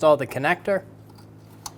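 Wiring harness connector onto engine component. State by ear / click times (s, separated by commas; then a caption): not seated / none. On a 2005–2015 Toyota Tacoma 2.7L L4, during an ignition coil boot replacement, a wiring harness connector is handled in preparation for pushing onto an engine component. Someone talks over the first 0.8 seconds, followed by quiet handling and a brief faint tick near 1.7 seconds. The connector has not seated or clicked yet.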